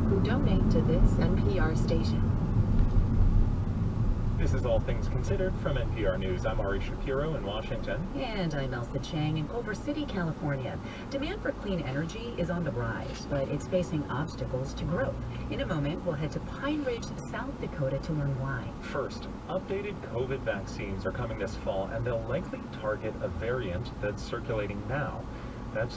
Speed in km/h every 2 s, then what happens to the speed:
32, 24, 15, 6, 0, 0, 0, 0, 0, 0, 0, 0, 0.
0-7 brakes to 0. 7-26 standing.